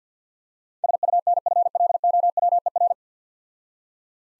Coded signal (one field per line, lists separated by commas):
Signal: Morse code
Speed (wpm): 50 wpm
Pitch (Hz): 700 Hz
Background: none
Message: SUNFLOWER